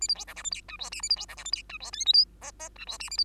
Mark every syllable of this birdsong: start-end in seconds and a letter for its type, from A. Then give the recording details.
0.01-0.08 A, 0.08-0.15 B, 0.15-0.25 C, 0.27-0.34 D, 0.36-0.43 E, 0.44-0.50 F, 0.51-0.61 G, 0.68-0.77 H, 0.79-0.90 I, 0.92-1.02 J, 1.02-1.09 A, 1.09-1.16 B, 1.16-1.26 C, 1.28-1.36 D, 1.37-1.44 E, 1.45-1.51 F, 1.52-1.62 G, 1.69-1.78 H, 1.80-1.91 I, 1.93-2.05 K, 2.06-2.13 L, 2.13-2.25 M, 2.41-2.51 N, 2.59-2.69 N, 2.75-2.85 H, 2.87-2.98 I, 3.00-3.10 J, 3.10-3.17 A, 3.17-3.24 B. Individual Bird2